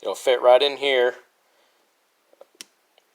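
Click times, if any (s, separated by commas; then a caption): 2.6 s. Someone talks, then a small air tube fitted with an O-ring is pushed into its bore in a BS33 carburetor body from a Yamaha XJ700X. After faint ticks, it snaps into place with a sharp click at 2.6 s and sits tight and seated.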